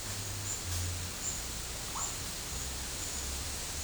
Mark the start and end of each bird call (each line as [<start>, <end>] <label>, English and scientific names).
[1.94, 2.04] Russet-backed Oropendola (Psarocolius angustifrons)